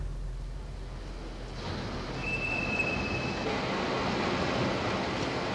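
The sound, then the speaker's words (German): A train at a station rumbles low and steady, then swells into a broad rushing roar, with a thin, high metallic squeal of wheels or brakes cutting through for about a second. No voices are heard. “Ich hielt die Zeitung in der Hand, als ich sie an den Zug begleitete.”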